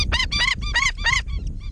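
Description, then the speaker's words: Indian skimmer calling: harsh, yelping notes repeated quickly in a burst, trailing off into softer, thinner yaps. Orange-billed water bird native to South Asia that nests on river sandbanks. "That's the sound of the Indian skimmer, a unique orange-billed water bird."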